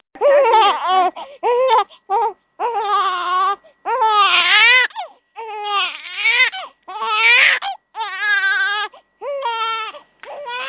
Baby Crying.